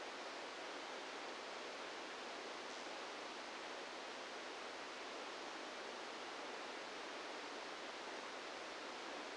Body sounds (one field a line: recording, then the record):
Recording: brain microelectrode recording played as sound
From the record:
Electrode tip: outside the subthalamic nucleus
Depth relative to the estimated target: -6 mm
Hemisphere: right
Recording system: NeuroSet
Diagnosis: Parkinson's disease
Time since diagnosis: 17 years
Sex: male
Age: 64 years